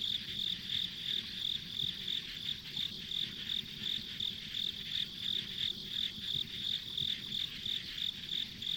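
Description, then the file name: Insects chirping in a steady high-pitched chorus of bright repeated pulses over a soft, constant low rumble. Ambient insect sounds on a country road. "田舎道の虫の環境音"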